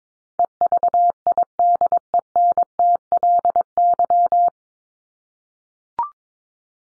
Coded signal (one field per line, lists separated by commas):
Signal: Morse code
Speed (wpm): 22 wpm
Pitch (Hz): 700 Hz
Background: none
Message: EVIDENTLY